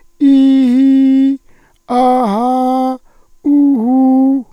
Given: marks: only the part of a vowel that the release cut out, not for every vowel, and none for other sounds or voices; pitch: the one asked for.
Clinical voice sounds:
sustained vowels; male; 60 to 69 years; 0; 0; 0
0.34-1.24 s: vowel /i/, low-high-low pitch
1.99-2.87 s: vowel /a/, low-high-low pitch
3.50-4.34 s: vowel /u/, low-high-low pitch
From the record:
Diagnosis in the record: psychogenic dysphonia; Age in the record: 61 years

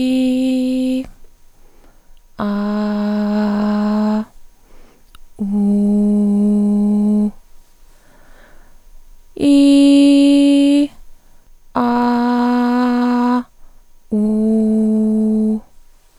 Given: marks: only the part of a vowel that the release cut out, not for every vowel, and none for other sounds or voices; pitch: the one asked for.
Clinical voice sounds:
sustained vowels; female; 30 to 39 years; 2; 2; 1
0.00-0.97 s: vowel /i/, normal pitch
2.45-4.16 s: vowel /a/, normal pitch
5.61-7.24 s: vowel /u/, normal pitch
9.47-10.79 s: vowel /i/, high pitch
11.85-13.35 s: vowel /a/, high pitch
14.33-15.51 s: vowel /u/, high pitch
From the record:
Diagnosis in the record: arytenoid dislocation, hyperfunctional dysphonia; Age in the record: 31 years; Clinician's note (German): Zustand danach mit Reposition und ausgeprägter Hyperfunktion

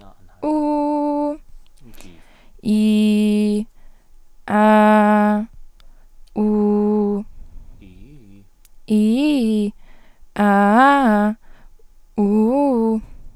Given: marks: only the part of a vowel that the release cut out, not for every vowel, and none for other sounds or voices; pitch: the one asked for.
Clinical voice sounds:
sustained vowels; female; 18 to 19 years; 0; 0; 0
0.53-1.26 s: vowel /u/, high pitch
2.79-3.50 s: vowel /i/, low pitch
4.61-5.37 s: vowel /a/, low pitch
6.51-7.14 s: vowel /u/, low pitch
8.98-9.61 s: vowel /i/, low-high-low pitch
10.48-11.28 s: vowel /a/, low-high-low pitch
12.26-12.90 s: vowel /u/, low-high-low pitch
From the record:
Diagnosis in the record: healthy voice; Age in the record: 19 years

